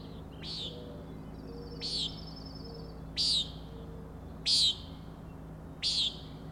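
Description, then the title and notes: Common nighthawk giving short buzzy nasal peents, five over several seconds roughly every second and a half, with a faint high trill between the second and third. Three birds flying in a close follow-the-leader formation near the recordist, peenting, wing booms and a rattling noise; Schoodic Head overlook, Acadia National Park, Winter Harbor, Maine; 061617, 4am. "Common Nighthawks, Schoodic Head 061617 4am. 3 common nighthawks making peenting calls and wings booms but also a rattling noise at the Overlook (410 ft) on Schoodic Head (435 feet) Schoodic division Acadia National Park Winter Harbor, ME"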